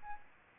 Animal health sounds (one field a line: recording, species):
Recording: mosquito wingbeat signal from an infrared sensor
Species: Aedes albopictus